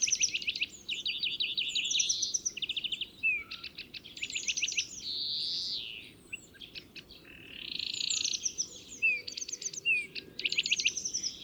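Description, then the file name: European greenfinch song: rapid dry trills alternating with long nasal wheezes and short twittering notes, continuous throughout, with steady low background hiss. "Chloris chloris"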